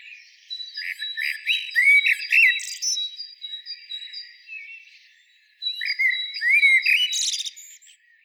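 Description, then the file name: Common blackbird gives two loud phrases of mellow whistles ending in harsh, high twittering, with a steady thin tone beneath and a short pause between. "Turdus merula"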